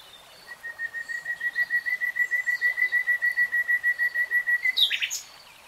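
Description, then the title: Nightingale song: a long, steady series of many evenly spaced piping notes on one pitch, ending with a sharp flourish. Singing in real time. "[Tiếng chim hót] 3 Hours REALTIME Nightingale Singing"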